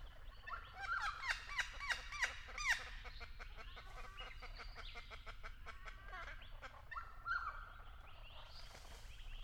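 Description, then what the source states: Friarbird call, a rapid burst of harsh cackling notes at the start, then softer scratchy chatter and a final raspy phrase. In an Angophora tree.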